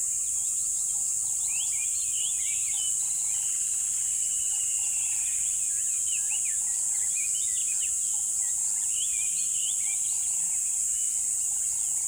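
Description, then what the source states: Overlapping bird chirps and a long drawn whistle rise from a constant hiss, with a low humming pulse recurring in the background. Birds chirping in a river bed at dawn, with chirping increasing.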